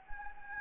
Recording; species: mosquito wingbeat signal from an infrared sensor; Anopheles gambiae